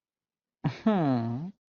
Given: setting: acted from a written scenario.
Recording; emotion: vocal sound without words; adoration